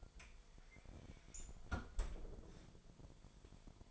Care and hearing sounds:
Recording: daily activity, microphone in the room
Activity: close fridge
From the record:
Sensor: 5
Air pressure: 1002.1 hPa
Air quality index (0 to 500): 226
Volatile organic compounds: 29 ppm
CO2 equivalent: 2943 ppm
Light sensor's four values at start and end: 10/23/9/11 and 9/21/8/10

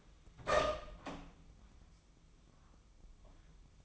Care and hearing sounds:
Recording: daily activity, microphone in the room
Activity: open door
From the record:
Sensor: 1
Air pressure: 1004.9 hPa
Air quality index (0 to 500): 78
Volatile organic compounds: 2 ppm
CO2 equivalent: 1046 ppm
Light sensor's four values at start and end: 9/23/9/10 and 9/23/9/10

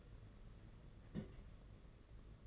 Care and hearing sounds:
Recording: daily activity, microphone in the room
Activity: place on stove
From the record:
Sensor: 4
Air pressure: 992.9 hPa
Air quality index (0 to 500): 176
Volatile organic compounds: 350 ppm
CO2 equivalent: 4583 ppm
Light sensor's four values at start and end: 4/10/4/4 and 4/10/4/4

